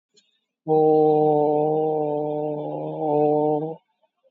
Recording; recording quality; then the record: sustained vowel as in boot; moderate, slight background noise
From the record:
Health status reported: COVID-19 positive, mild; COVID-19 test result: positive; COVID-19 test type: RT-PCR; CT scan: taken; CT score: 4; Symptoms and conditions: cold, breathing difficulty, sore throat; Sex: female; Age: 64 years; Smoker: no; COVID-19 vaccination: one dose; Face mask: not worn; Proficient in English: yes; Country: India